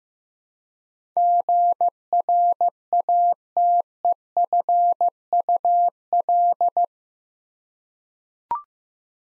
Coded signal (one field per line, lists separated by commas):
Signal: Morse code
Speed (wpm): 15 wpm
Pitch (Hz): 700 Hz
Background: none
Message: GRATEFUL